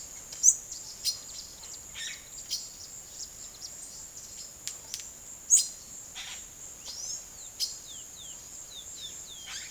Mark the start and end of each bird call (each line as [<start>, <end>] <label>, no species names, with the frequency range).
[0.00, 5.68] bird call (0.4-21.0 kHz)
[6.00, 6.43] bird call (0.6-8.6 kHz)
[6.90, 9.70] bird call (1.2-11.7 kHz)